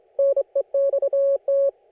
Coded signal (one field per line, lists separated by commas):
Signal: Morse code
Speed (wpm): 26 wpm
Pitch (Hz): 560 Hz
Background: none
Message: NEXT